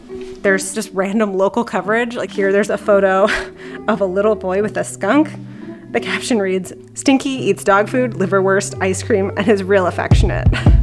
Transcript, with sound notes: There's just random local coverage, like here there's a photo [laughing] of a little boy with a skunk. The caption reads: "Stinky eats dog food, liverwurst, ice cream, and is real affectionate."